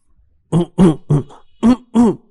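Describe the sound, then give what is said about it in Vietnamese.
Five harsh, throaty coughs burst out one after another in an uneven rhythm, each short, loud and strained, with no talking around them. “Ai ngờ vào thời khắc mấu chốt, vậy mà Triệu Ngọc lại ho kịch liệt, ho mãi không ngừng.”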